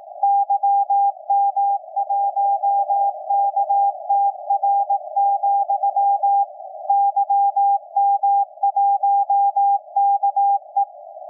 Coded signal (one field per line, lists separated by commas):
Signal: Morse code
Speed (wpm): 18 wpm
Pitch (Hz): 800 Hz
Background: none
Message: YM1KTR, YM1KE